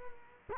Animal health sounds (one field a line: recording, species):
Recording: mosquito wingbeat signal from an infrared sensor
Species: Culex quinquefasciatus